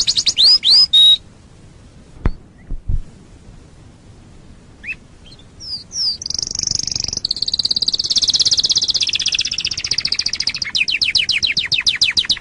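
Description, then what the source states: Canary song beginning with loud rising whistles, a quiet gap with a few clicks, then high sweeps building into a long, dense, rapid trilled roll. Masteran training song played to caged canaries to spur them into singing more wildly.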